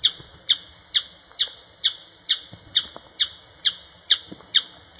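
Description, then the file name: Planalto tapaculo calling with steady, sharp high notes repeated roughly twice a second over quiet background. Recorded 30 March 2013 at Cruce Caballero. "Scytalopus-pachecoi 2013-03-30 PP-Cruce-Caballero Jorge-La-Grotteria"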